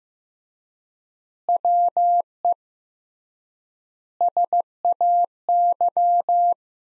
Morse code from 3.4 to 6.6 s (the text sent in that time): SAY